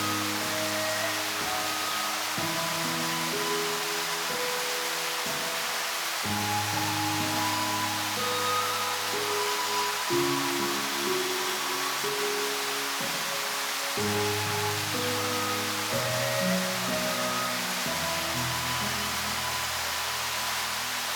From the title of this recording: Waterfall